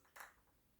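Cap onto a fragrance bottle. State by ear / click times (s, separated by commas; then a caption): not seated / none. A cap is fitted onto a Lattafa Ajwad fragrance bottle, giving a soft, broad scraping rustle around 0.2 s and then one brief, light tap at about 0.9 s, likely the cap touching the bottle. The flimsy cap does not snap or lock on and sits loosely; nothing has clicked into place.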